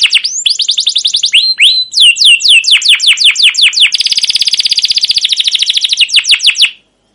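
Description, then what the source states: Canary singing continuously: sweeping chirps, a dense fast buzzy trill in the middle, then more sweeping notes before stopping abruptly. Canary song with long continuous singing, cuit cuit calls and ngerol rolling trills, used as a pancingan lure to train other canaries.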